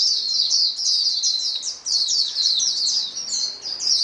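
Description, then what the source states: White-eye singing together, a dense run of sharp, high chirps and warbled trills that barely pause, one brief dip in the middle. Chorus of many birds singing together.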